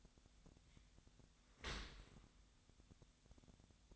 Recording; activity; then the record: daily activity, microphone in the room; open dishwasher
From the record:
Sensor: 3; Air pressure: 1006.6 hPa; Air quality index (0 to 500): 210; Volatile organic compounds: 20 ppm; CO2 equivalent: 2677 ppm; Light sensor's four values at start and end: 10/25/10/10 and 10/25/10/10